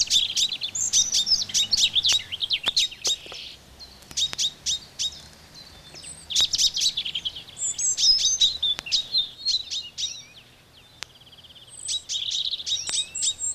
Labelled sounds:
Common Chaffinch (Fringilla coelebs) call

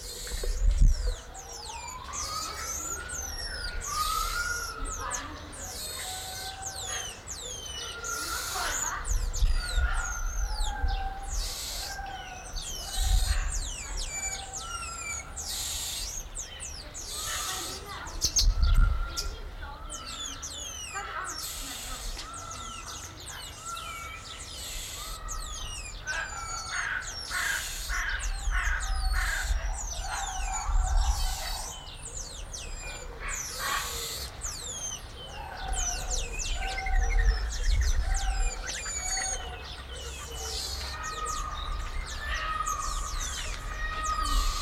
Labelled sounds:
Cottontop Tamarin (Saguinus oedipus)

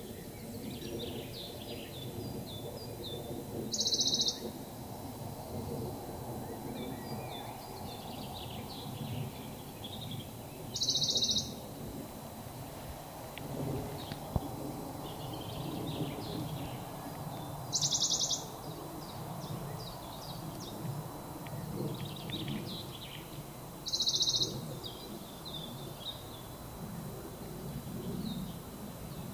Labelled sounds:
Western Bonelli's Warbler (Phylloscopus bonelli) song

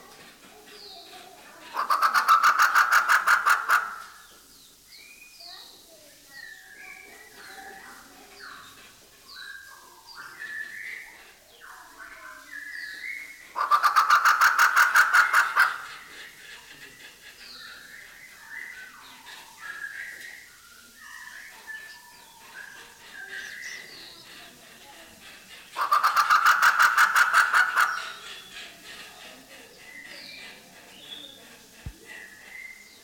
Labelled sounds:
Grey Peacock-Pheasant (Polyplectron bicalcaratum)

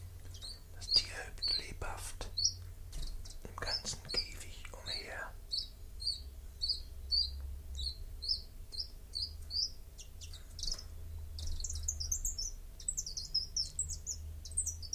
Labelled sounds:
Common Chiffchaff (Phylloscopus collybita) song

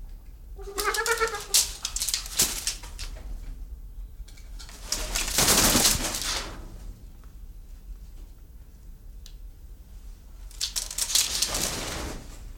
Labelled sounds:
Trumpeter Hornbill (Bycanistes bucinator) call

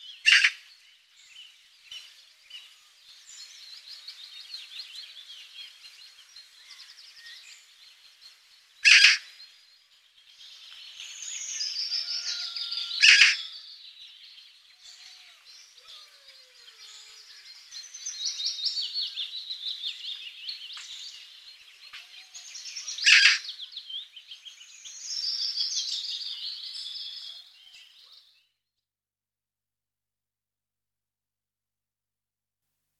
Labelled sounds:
Eurasian Magpie (Pica pica) song

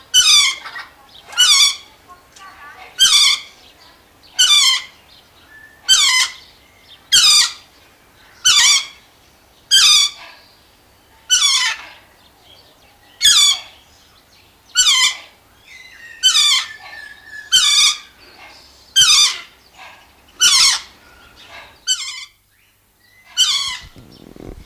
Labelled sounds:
Lord Derby's Parakeet (Psittacula derbiana) call

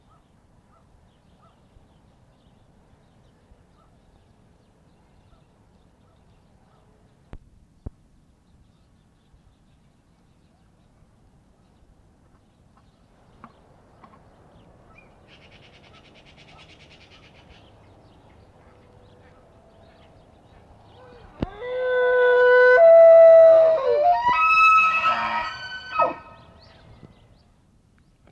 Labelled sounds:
Wapiti (Cervus canadensis) rut call

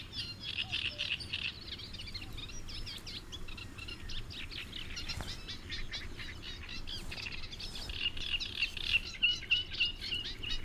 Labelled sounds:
Great Reed Warbler (Acrocephalus arundinaceus) song

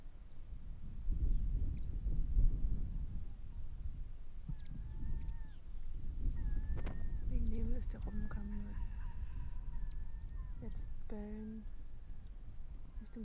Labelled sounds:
Arctic Fox (Vulpes lagopus)

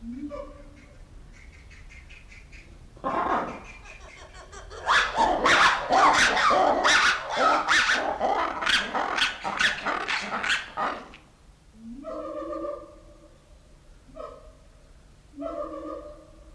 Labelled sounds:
Black-and-white Ruffed Lemur (Varecia variegata)

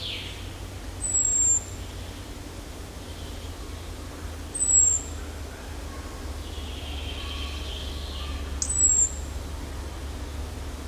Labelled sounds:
Common Blackbird (Turdus merula)

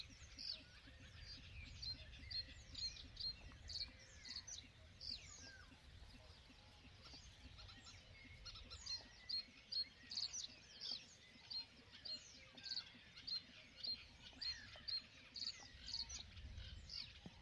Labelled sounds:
Great Bittern (Botaurus stellaris)

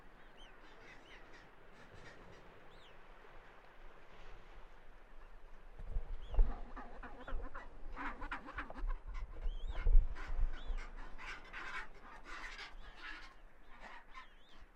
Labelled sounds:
Chinstrap Penguin (Pygoscelis antarcticus) call

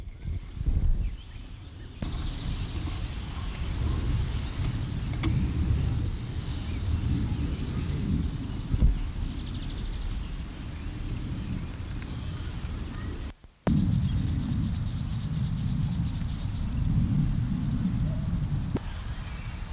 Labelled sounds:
Upland Field Grasshopper (Chorthippus apricarius) stridulation

